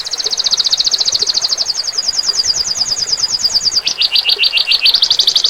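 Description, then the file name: Domestic canary singing a long, even, rapid trill of high notes that shifts gradually in pitch, then switches to a lower trill and finally a higher one. Standard canary type. "omkicau com kenari standar"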